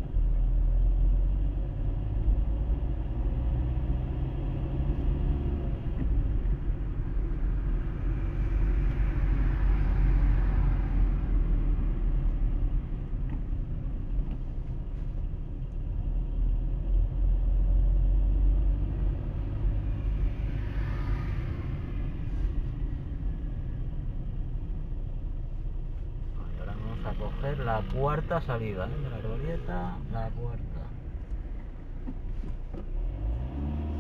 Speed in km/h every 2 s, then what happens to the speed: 21, 27, 33, 34, 33, 31, 18, 17, 20, 23, 23, 22, 12, 11, 11, 8, 0.
0-4 speeds up to 33. 7-13 slows to 17. 22-24 brakes to 12. 24-29 steady at about 11. 29-31 brakes to 0. 31-34 standing.